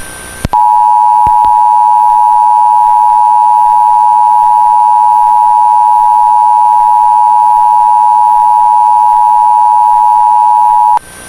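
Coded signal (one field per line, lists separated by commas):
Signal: Emergency Alert System (SAME) tones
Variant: 853 and 960 Hz attention tone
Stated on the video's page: Fictional EAS scenario with valid EAS tones.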